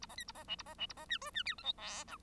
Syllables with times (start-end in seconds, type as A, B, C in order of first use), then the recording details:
0.01-0.06 A, 0.09-0.15 B, 0.17-0.24 C, 0.27-0.32 A, 0.34-0.44 B, 0.47-0.56 D, 0.58-0.63 A, 0.66-0.74 B, 0.78-0.86 D, 0.89-0.93 A, 0.96-1.05 B, 1.08-1.18 E, 1.21-1.30 F, 1.34-1.43 E, 1.45-1.55 G, 1.58-1.63 H, 1.63-1.73 I, 1.77-2.04 J, 2.07-2.17 K. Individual Bird1